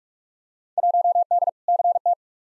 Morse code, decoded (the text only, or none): 1D CT